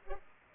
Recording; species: mosquito wingbeat signal from an infrared sensor; Culex pipiens